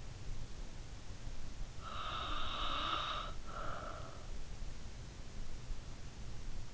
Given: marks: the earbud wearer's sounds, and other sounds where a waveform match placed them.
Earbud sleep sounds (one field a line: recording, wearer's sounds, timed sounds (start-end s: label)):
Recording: sounds in sleep by an in-ear microphone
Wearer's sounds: breath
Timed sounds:
1.76-4.35 s: breath